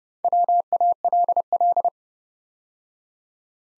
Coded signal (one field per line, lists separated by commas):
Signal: Morse code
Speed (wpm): 30 wpm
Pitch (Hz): 700 Hz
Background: none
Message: WALL